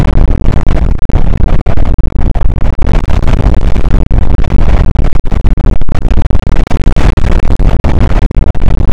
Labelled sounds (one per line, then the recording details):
wind
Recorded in the Prudhoe Bay oil fields, Alaska, on 8 May 2019 at 00:04
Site 24